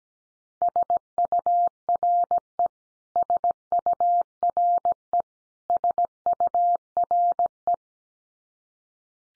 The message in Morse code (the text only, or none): SURE SURE SURE